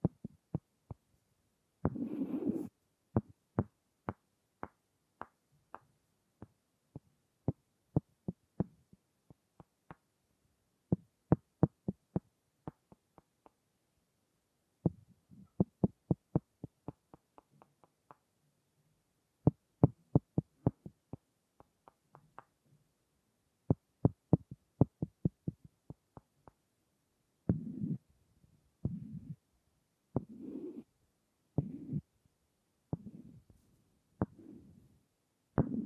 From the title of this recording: Wood Triggers